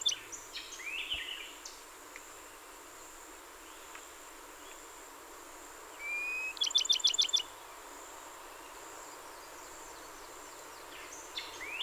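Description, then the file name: Bachman's sparrow giving one song, a pure rising whistle followed by a quick, bright trill. Quiet, faint chirps and background hiss surround it. Recorded 30 April 2019; 27 songs. "2019-04-30 Bachmans Sparrow-27 Songs"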